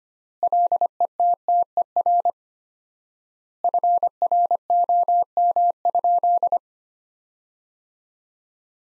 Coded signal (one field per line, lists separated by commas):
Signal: Morse code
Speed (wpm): 25 wpm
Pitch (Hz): 700 Hz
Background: none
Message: LETTER FROM?